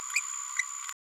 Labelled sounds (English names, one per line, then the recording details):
Green-rumped Parrotlet babbling
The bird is a female
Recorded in a nest box in Venezuela
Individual 17B102A6